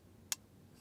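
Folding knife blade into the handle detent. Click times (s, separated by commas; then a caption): 0.3 s. A metal folding knife is closed, and its blade snaps back into the detent in the handle that holds it shut. A single sharp, bright click is heard at 0.3 s against a quiet low background. The blade is seated, making a nice clicky detent.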